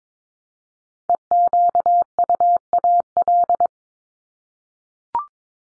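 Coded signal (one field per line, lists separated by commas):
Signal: Morse code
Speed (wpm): 22 wpm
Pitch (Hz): 700 Hz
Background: none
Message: EQUAL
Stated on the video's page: Morse head-copy drill of top 100 words ending in LY and their root words at 22 wpm, each sent, spoken, then sent again.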